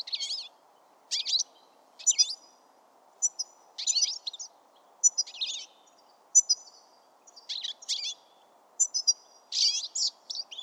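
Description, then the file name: European Goldfinch calls: bright, tinkling chirps and twittering notes in quick bursts about every second, high-pitched and liquid, over a steady low background hum. "Carduelis carduelis"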